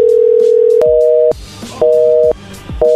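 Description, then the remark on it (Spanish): A phone line goes dead: a steady tone gives way to a loud busy signal, a two-note buzz pulsing on and off about once a second, with small clicks between beeps. “No, está cortando la llamada.”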